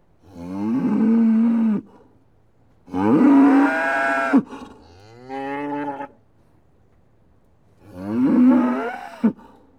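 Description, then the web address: Cow mooing: four loud, drawn-out moos with rich harmonics, some rising then falling, separated by short silences. Several cows mooing in a yard. "BBC Sound Effects Library BBC 35-Livestock. Cows Mooing In Yard"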